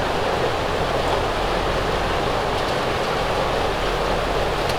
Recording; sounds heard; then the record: poultry house recording; no chicken sound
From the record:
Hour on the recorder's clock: 16